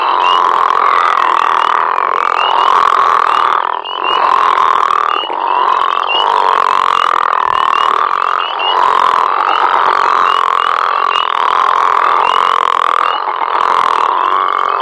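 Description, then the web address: Crawfish frog chorus: many overlapping rasping, snore-like calls forming a near-continuous droning wall of sound. "Frog Lithobates Areolatus"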